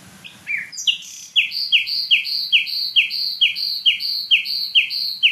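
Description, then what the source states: Common Nightingale song: a few varied opening notes, then a loud, fast series of many identical descending notes repeated steadily. Sung at night between dense woodland thickets full of deadwood; no other bird singing; the singer is called very loud, with a gurgling phrase and new motifs within the song.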